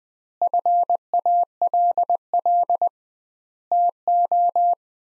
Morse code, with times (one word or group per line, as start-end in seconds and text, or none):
0.4-2.9 FALL
3.7-4.7 TO